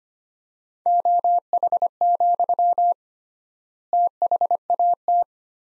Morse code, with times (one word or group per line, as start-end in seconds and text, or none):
0.9-2.9 OH,
3.9-5.2 THAT